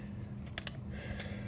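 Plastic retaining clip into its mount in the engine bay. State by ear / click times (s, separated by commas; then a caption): seated / 0.6 s, 0.7 s. While reinstalling the alternator on a 4-cylinder Mazda 6, a plastic retaining clip is pressed back down into its mount in the engine bay. It resists staying put at first, then two sharp snaps are heard at 0.6 s and 0.7 s over a steady low hum. The clip snaps home and is seated.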